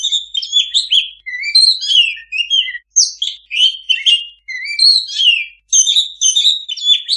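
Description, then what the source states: Oriental magpie-robin song, a rich run of varied whistles, chirps and buzzy notes in short phrases with brief pauses. Singing kacer in lively gacor song, a master recording for owners of kacer that do not sing.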